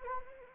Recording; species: mosquito wingbeat signal from an infrared sensor; Anopheles arabiensis